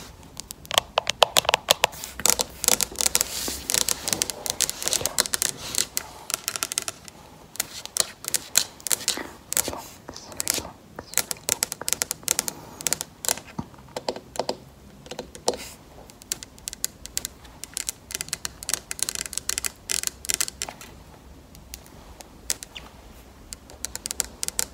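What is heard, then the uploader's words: Acrylic nails tap rapidly and unevenly, a dense run of sharp, bright clicks much like typing on a keyboard. The tapping comes in bursts with brief pauses around 7 and 16 seconds, then continues to the end over a faint low hum. ASMR Tapping with Acrylic Nails.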